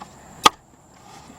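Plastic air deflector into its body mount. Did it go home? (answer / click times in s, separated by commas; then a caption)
yes / 0.5 s. A plastic air deflector is pressed onto its body mount under a Ford Focus during an alternator replacement. A single sharp snap at 0.5 s stands out against a quiet background with a faint steady high-pitched hiss. The deflector clip seats in place.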